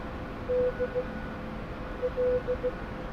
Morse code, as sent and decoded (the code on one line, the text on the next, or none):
-.. / .-..
D L